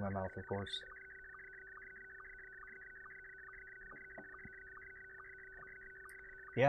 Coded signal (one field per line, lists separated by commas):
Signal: SSTV (slow-scan television)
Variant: Scottie 1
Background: speech